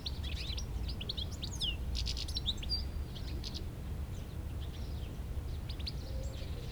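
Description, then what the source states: European goldfinch song, a rapid tumbling twitter of bright liquid notes and quick buzzy slurs, busiest in the first three seconds, over steady low traffic rumble. Chattering in a shrub near Le Tillet, beside the road, Aix-les-Bains, France.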